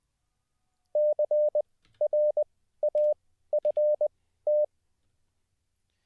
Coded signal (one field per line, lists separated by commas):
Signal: Morse code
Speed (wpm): 20 wpm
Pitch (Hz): 600 Hz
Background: none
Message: CRAFT